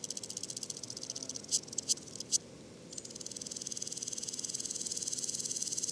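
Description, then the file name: Woodland grasshopper stridulation: a pulsed high rasp, broken by a few short clicky bursts and a brief pause, then resuming and growing louder. Duetting grasshoppers giving different long and short stridulations, recorded at le Puech, France, 32-bit, with a modified Telinga and Earsight omni microphone. "criquets noirs ebenes differentes stridulations longue breves criquets duettistes le Puech F"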